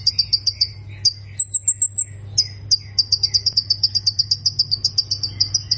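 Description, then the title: Plain prinia song: quick high ticking notes, a short run of thin level whistles, then a long fast stuttering series, low hum throughout. "Ciblek Sawah"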